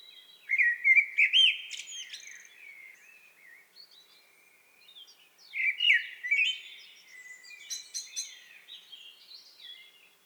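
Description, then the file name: Eurasian blackbird singing two fluty warbled phrases several seconds apart, each trailing into high, scratchy twittering notes. "Turdus merula"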